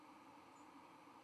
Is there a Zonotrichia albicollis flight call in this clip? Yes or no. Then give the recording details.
yes. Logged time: 08:44 on 31 October 2014